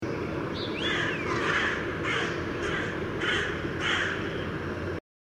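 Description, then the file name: Carrion crow giving a run of several harsh, rasping caws over steady background hiss. "Corvus corone"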